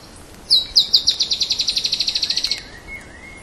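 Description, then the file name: Dusky-tailed antbird singing a fast, high trill of many clipped notes that fades slightly toward the end. Recorded at Esmeralda on 10 July 2015. "Drymophila-malura--- 2015-07-10-PP-Esmeralda---Jorge-La-Grotteria"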